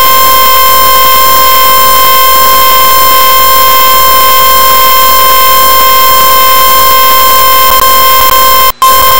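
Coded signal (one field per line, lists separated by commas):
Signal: Emergency Alert System (SAME) tones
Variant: 1050 Hz attention tone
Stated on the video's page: Severe thunderstorm warning alert.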